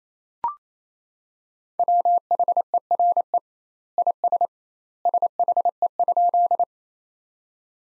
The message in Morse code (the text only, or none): WHERE IS SHE?